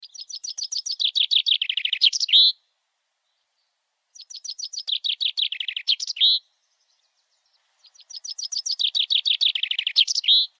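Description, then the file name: Common chaffinch song repeated three times, about every four seconds: a run of bright notes tumbling downward, ending in a sharp flourish, in otherwise quiet surroundings. "Pinson"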